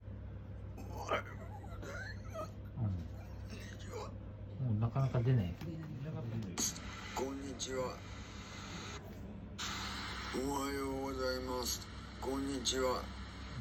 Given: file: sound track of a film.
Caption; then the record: Condition of case 4 (spasmodic dystonia) with and without zolpidem administration. Recording of voice from the cell phone after administering 10 mg of zolpidem (speech condition with zolpidem).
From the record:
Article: Efficacy and Safety of Zolpidem for Focal Dystonia After Neurosurgical Treatments: A Retrospective Cohort Study